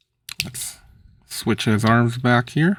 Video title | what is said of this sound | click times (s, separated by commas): THE WORST BUMBLEBEE? TRANSFORMERS REVIEW BUMBLEBEE STUDIO SERIES GAMER EDITION 01 WAR FOR CYBERTRON | and that'll click right in there | 0.4 s